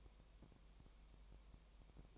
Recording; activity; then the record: daily activity, microphone in the room; no activity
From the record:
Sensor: 1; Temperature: 19.4 degrees Celsius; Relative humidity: 35.7%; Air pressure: 1003.3 hPa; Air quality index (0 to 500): 113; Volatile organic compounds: 2 ppm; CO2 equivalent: 1260 ppm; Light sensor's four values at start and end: 1/2/1/1 and 1/2/1/1